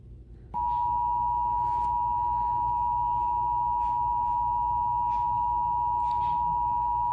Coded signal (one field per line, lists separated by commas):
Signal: Emergency Alert System (SAME) tones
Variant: 853 and 960 Hz attention tone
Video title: Emergency Alert System: Required Monthly Test 1/26/2018